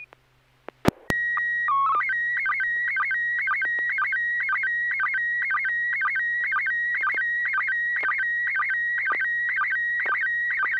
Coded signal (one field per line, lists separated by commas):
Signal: SSTV (slow-scan television)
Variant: PD 120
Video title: N6NA SSTV Net - 05/10/2023